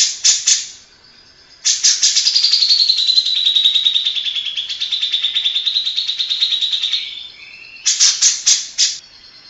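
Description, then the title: Grey-cheeked bulbul: short rasping bursts frame a long, even buzzy trill that dips slightly in pitch and holds for several seconds. Long-duration masteran song used to train other birds. "Cucak Jenggot Masteran Durasi Panjang"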